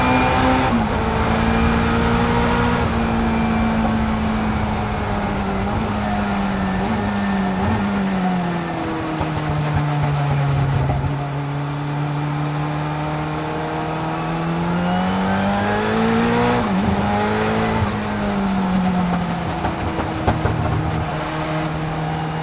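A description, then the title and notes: Inside the 1986 Toyota Celica IMSA GTO race car, a loud engine drones steadily, its pitch sweeping down and up through gear changes. 1986 Toyota Celica IMSA GTO In-Car Audio, Monterey 2018. Captured inside a 1986 Toyota Celica IMSA GTO machine built by All American Racers. With almost 600hp on tap from the 2.1-liter four-cylinder turbo. Spools up the boost while charging around Laguna Seca during the 2018 Rolex Monterey Motorsports Reunion event.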